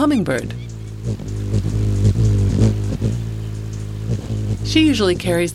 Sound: Wing-hum of a Rufous Hummingbird

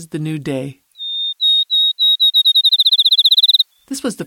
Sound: Field Sparrow song

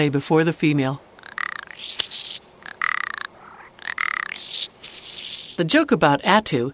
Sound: Male Rock Ptarmigan display flight calls

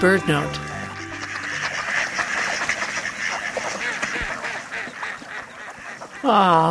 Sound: mallards chattering at edge of water

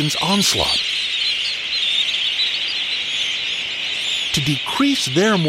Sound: sounds of shorebirds in flight

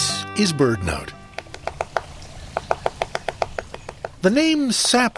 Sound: Sounds of a Yellow-bellied Sapsucker foraging, pecking holes

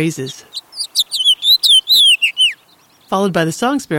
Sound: House Finch song

